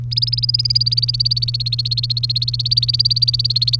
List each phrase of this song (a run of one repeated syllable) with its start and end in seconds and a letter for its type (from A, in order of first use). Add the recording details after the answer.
0.11-3.79 A. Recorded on 30 April 2018 at 16:58. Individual llb3